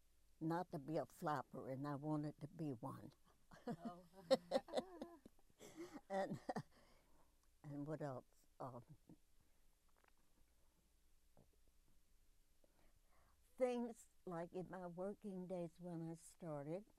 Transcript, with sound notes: not to be a flapper, and I wanted to be one! [Laughs] And what else? Oh, things like in my working days when I started,